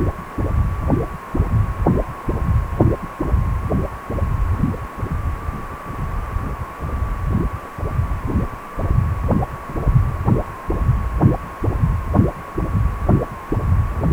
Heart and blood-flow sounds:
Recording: Doppler ultrasound of blood flow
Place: precordium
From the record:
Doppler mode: continuous wave and pulsed wave in the uncut recording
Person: healthy adult, 18 to 50 years, no heart murmur, not diving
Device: 2.5 MHz transducer

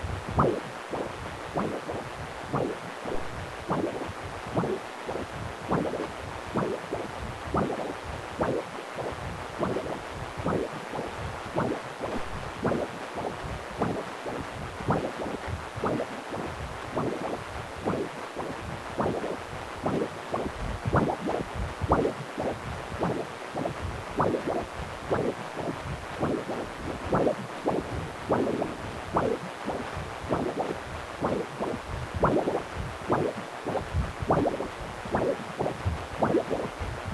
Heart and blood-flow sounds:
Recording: Doppler ultrasound of blood flow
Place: precordium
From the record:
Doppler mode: continuous wave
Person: healthy adult, 18 to 50 years, no heart murmur, not diving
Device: 2.5 MHz transducer

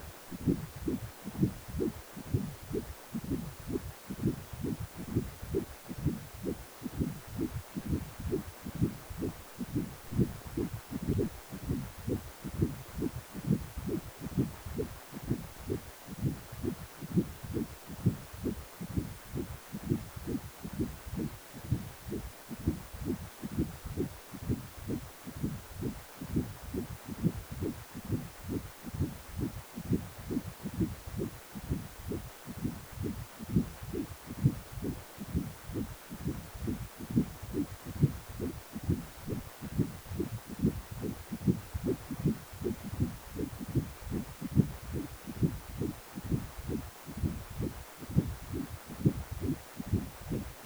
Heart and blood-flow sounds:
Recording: Doppler ultrasound of blood flow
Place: precordium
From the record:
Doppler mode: continuous wave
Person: healthy adult, 18 to 50 years, no heart murmur, not diving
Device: 2.5 MHz transducer

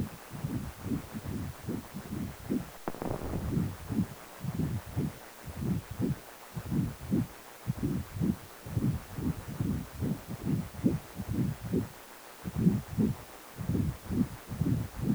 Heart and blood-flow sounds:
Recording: Doppler ultrasound of blood flow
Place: precordium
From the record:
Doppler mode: continuous wave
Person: healthy adult, 18 to 50 years, no heart murmur, not diving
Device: 2.5 MHz transducer

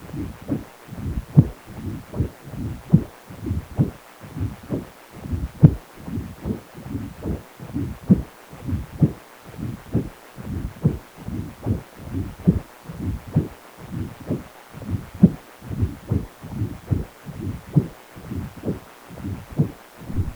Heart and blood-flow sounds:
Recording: Doppler ultrasound of blood flow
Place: precordium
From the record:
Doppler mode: continuous wave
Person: healthy adult, 18 to 50 years, no heart murmur, not diving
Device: 2.5 MHz transducer

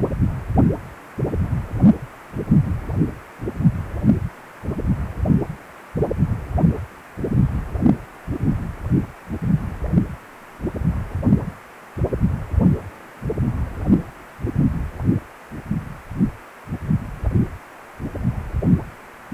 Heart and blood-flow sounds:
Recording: Doppler ultrasound of blood flow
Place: precordium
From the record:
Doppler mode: continuous wave and pulsed wave in the uncut recording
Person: healthy adult, 18 to 50 years, no heart murmur, not diving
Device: 2.5 MHz transducer

